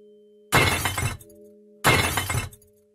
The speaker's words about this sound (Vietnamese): Tiếng đổ vỡ làm cắt ngang đi dòng suy nghĩ của Nam. Anh và con Bưởi đều nhận ra thứ âm thanh ấy phát ra từ trong phòng của bà Cẩm.